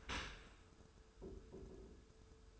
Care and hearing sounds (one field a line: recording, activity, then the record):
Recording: daily activity, microphone in the room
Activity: open dishwasher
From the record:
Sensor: 2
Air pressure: 1014.8 hPa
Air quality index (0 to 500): 25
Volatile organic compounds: 0 ppm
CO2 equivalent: 500 ppm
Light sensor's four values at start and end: 10/23/9/9 and 10/23/9/9